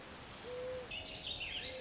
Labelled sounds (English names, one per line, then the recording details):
Mourning Dove
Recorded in Sonoma County, California